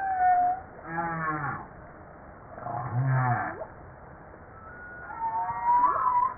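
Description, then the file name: Humpback whale song: two harmonic grunting moans and some higher whistled tones, over steady underwater hiss. Recorded 5 March 1994. "Baleine a bosse 940305"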